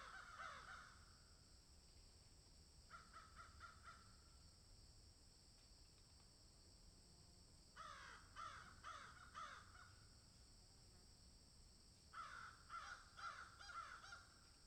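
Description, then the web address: Crows calling in separate bouts of rapid harsh caws, with long quiet gaps between bouts and a steady high background hiss. Crows cawing in a field. "Debarup Travel Films - Crows Caw in Field"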